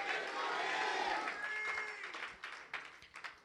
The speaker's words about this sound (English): Would you clap your hands unto the Lord in this place? Would you clap your hands unto the Lord in this place? Someone shout hallelujah. Someone shout victory.